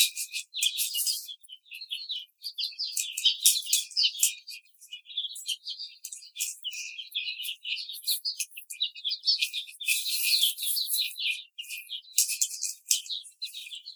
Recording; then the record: young laying hens in a cage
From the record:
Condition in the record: treatment cage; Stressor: simulated dog barking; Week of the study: 5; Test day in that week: 1